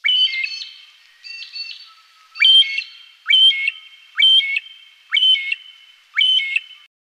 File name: Magpie Lark